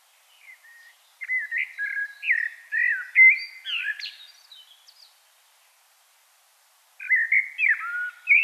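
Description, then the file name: Common blackbird song with mellow, fluting whistles mixed with thin twitters, one long phrase followed by a pause and the start of the next. "Turdus merula"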